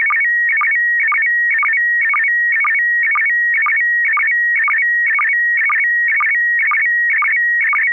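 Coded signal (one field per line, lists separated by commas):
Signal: SSTV (slow-scan television)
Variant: PD 120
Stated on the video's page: SSTV net using MMSSTV on an FM repeater at 441.30 MHz, Sacramento.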